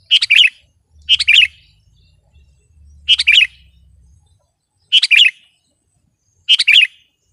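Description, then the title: Sooty-headed bulbul giving five short, bubbly, two-part phrases at irregular intervals of one to two seconds, with a low hum under the first part. "kutilang"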